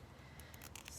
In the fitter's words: sticking them in until they click